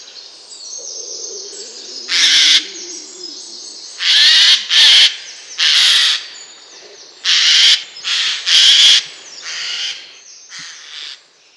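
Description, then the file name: Eurasian jay uttering a series of harsh, scratchy screeches at irregular intervals, some in quick pairs, with a faint low sound early on. "Garrulus glandarius"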